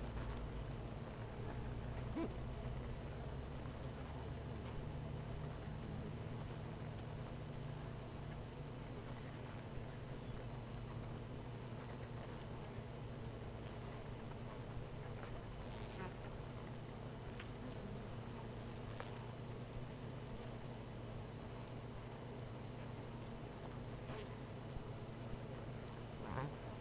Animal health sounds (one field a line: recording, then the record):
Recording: honeybee colony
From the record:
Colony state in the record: missing queen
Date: 14 July 2017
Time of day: 18:16